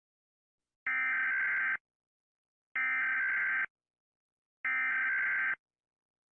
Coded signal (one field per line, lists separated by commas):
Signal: Emergency Alert System (SAME) tones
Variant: header bursts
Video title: OLD VIDEOS ARCHIVE #3: Rating EAS alarms by how scary they are! HEADPHONE VOLUME WARNING!